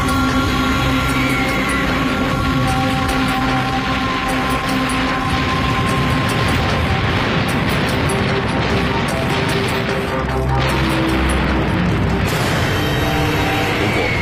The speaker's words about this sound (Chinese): 1952年初，西青川江大桥也遭受了猛烈的轰炸，这在绞杀战期间是非常普遍的。正因为有了绞杀战的作战方针，当联合国军的侦察飞机看到大桥恢复通车后，轰炸随即再次开始了。